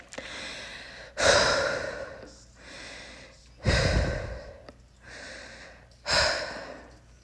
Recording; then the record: deep breathing after running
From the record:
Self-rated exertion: vigorous exertion (4 of 6); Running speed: 6 miles an hour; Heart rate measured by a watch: 156 beats a minute at the start, 153 at the end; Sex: female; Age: 18 years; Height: 171 cm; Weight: 75 kg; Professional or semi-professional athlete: no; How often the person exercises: 1 to 2 times a week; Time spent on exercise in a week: under 1 hour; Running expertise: no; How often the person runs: 1 to 2 times a week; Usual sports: running, fencing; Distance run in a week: 3 km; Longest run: 21.3 km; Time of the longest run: 190 minutes